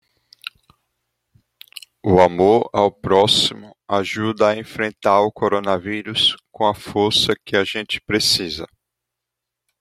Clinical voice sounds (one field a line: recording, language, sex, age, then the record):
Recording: spoken sentence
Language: Brazilian Portuguese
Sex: male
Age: 20 to 29 years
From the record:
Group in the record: control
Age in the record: 28 years